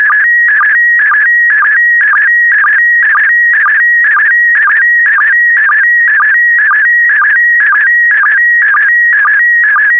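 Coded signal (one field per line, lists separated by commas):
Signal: SSTV (slow-scan television)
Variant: PD120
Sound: warbling electronic tone with short low chirps about twice a second, continuous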